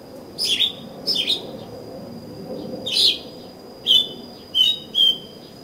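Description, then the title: Oriental magpie-robin giving spaced short phrases of chips and whistles over a soft steady hum and a constant high tone. "Kacer Kacer"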